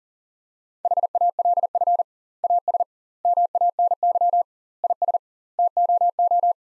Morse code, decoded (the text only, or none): HALF AS MANY IS TOO